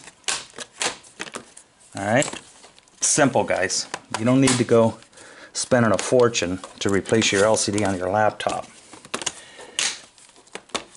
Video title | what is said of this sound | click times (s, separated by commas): How to Replacement Your Broken Laptop Screen EASY! - 2020 | right there we go snap into place after we put our screws in and we're | 9.1 s, 9.8 s, 10.8 s